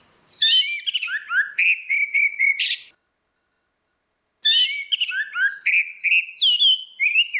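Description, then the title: Orange-headed thrush pouring out two fast phrases of varied whistles and repeated chirps, separated by a short silence. "Burung Anis Merah"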